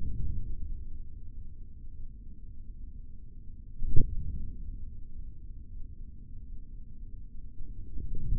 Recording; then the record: forearm muscle sounds (acoustic myography)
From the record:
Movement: forearm supination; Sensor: system 3, bracelet of six PUI Audio POM-2738L microphones around the upper forearm, with dedicated amplification and filtering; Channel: 2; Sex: male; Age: 25 years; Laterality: right